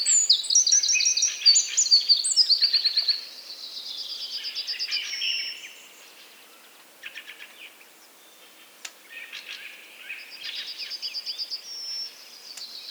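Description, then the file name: Eurasian wren, a burst of rapid high trills and chatter for about three seconds, then fainter rattling phrases with pauses. "Troglodytes troglodytes"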